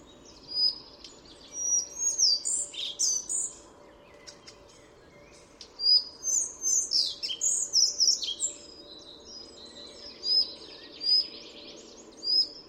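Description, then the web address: Collared flycatcher song: two bursts of high, squeaky, jumbled notes with thin whistles, then a few isolated high notes near the end. "chant didier collin gobemouche a collier"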